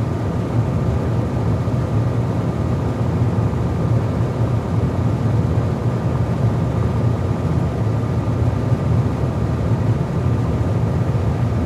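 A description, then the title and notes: A ventilation room fills the space with a steady, unbroken hum of moving air. The sound is dense and low-heavy, with a deep rumble and a faint thin tone riding above it, unchanging from start to finish with no separate events. In this episode, we bring you the calming and constant sound of a ventilation room. The steady hum and gentle flow of air. This episode features only natural white noise with no dialogue or voice.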